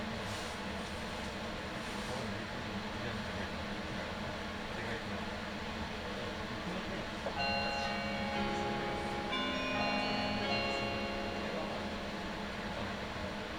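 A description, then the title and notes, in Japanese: A Meitetsu Toyokawa Line limited express train rumbles steadily, then from about seven seconds layered whining tones rise and step in pitch. 名古屋鉄道 豊川線 特急 豊川稲荷→国府。朝２本だけ走っている特急列車に乗ってみました。とはいえ各駅に停まって国府まで進むのでゆっくりです。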